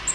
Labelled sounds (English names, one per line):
Bay-breasted Warbler flight call